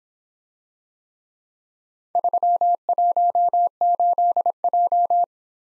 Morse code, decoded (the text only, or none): 318J